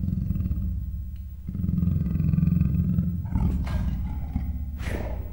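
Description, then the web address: Leopard growling: a deep, rumbling low-pitched growl that swells and continues, broken by a few harsher rasping bursts near the end. Captive male and female leopards at a zoo in Miskolc, growling with a muffled cry, recorded in 2009. "2009 standardt leopard himnosteny morgasfojtottkialtas"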